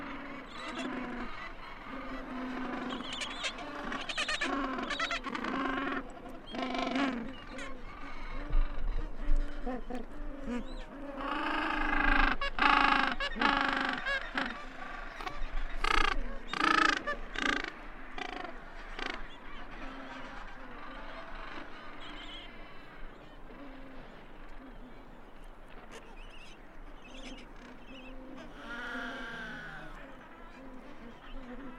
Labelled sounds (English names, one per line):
Gentoo Penguin call